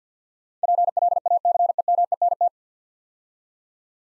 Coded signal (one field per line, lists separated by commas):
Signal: Morse code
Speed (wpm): 53 wpm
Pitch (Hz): 700 Hz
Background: none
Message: PLACEMENT